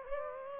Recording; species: mosquito wingbeat signal from an infrared sensor; Aedes aegypti